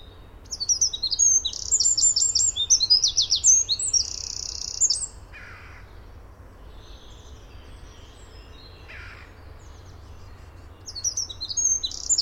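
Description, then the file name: Eurasian wren delivering a fast, shrill, tumbling song of trills and piercing notes, then faint calls and a new phrase near the end. "Troglodytes troglodytes"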